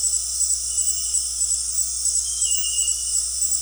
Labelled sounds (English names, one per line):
none